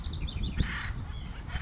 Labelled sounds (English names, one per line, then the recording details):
Acorn Woodpecker
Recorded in Sonoma County, California